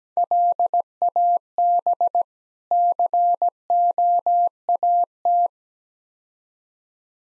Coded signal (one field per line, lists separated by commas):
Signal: Morse code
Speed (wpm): 19 wpm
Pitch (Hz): 700 Hz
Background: none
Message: LAB COAT